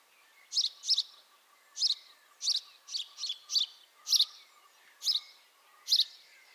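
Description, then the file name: House sparrow calls: loud chirps, sometimes doubled, repeated unevenly every half second to a second. "Passer domesticus"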